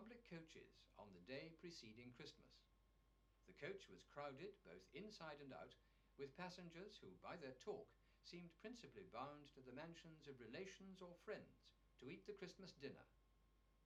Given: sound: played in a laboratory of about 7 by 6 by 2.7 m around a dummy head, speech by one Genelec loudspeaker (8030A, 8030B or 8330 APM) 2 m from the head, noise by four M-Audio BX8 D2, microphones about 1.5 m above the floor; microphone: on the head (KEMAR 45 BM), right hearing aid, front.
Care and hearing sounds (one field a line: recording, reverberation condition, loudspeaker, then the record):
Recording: male speech in English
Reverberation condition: low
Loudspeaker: 60 degrees to the right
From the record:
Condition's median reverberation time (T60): about 310 ms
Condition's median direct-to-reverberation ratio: about 3.5 dB